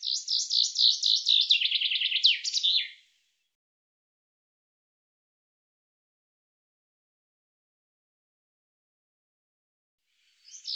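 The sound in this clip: Bird song: a rapid, high chirping trill lasting about three seconds, stepping down in pitch before a final flourish, then long silence until another phrase begins at the end.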